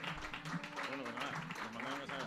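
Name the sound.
audience applause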